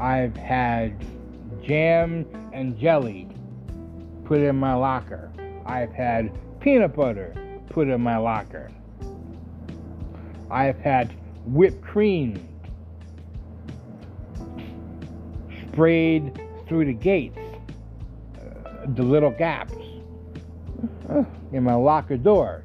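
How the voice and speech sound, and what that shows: An adult man who has stuttered his whole life, since birth, speaks in short bursts broken by long silent gaps inside phrases, including a nearly three-second stop before "sprayed", with a few stretched sounds. These blocks and prolongations, which come on some words and are sometimes uncontrollable, fit stuttering.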